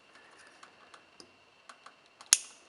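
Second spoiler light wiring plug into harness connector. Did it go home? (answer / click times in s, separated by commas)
yes / 2.3 s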